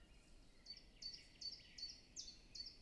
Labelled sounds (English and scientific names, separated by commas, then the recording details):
Common Chiffchaff (Phylloscopus collybita)
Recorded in Germany
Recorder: ecoPi